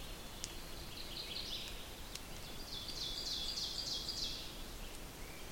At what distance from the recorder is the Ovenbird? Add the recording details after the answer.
about 80 m. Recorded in boreal forest in Alberta, Canada, on 6 June 2016 at 06:53. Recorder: SongMeter 3, array SBT-3-51. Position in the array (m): 236 m, 8 m. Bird 27